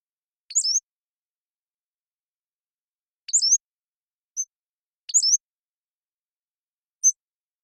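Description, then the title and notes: Pacific-slope flycatcher repeating a high, thin slurred phrase three times, with two short pure high notes in between; no other sounds. Long song sequence captured with a parabolic microphone, processed clean while keeping natural rhythm and pace. "Pacific-Slope Flycatcher, Empidonax difficilis"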